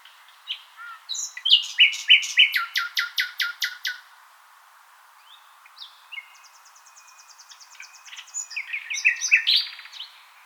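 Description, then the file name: Common nightingale song with a fast series of loud repeated notes, a pause with a thin whistled trill, then another varied burst of rich phrases. "Luscinia megarhynchos"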